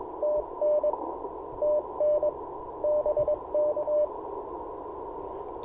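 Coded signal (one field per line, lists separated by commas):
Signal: Morse code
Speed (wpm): 20 wpm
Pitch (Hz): 600 Hz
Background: radio noise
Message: TN TN BK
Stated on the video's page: QRP CW POTA park activation at dawn using an Icom IC-705, Alex Loop antenna and a Modern Morse Nameless key.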